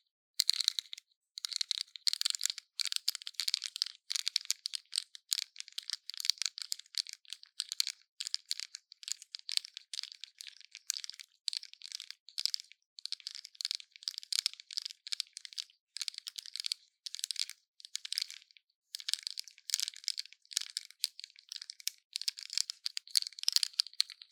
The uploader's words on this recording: Intense Brain Scratching. No Talking.